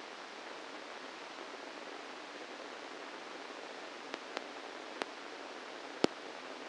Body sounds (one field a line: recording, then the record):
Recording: brain microelectrode recording played as sound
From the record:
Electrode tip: inside the subthalamic nucleus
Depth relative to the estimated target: -1 mm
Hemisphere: right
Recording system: NeuroSet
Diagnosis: Parkinson's disease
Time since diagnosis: 8 years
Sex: male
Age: 65 years